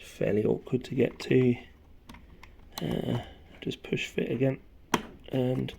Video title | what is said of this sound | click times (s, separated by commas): Anycubic Kobra Max unboxing and build | just wait until it clicks that never force anything to always take your time with it | 2.1 s, 2.4 s